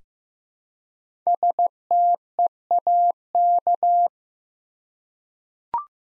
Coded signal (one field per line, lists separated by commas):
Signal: Morse code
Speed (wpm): 15 wpm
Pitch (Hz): 700 Hz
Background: none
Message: STEAK